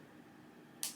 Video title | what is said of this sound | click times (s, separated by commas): Tampons Tips - How to Make Tampon Use Easy, Quick, and Pain-free | pull until it click. Hope you heard the click. | 0.8 s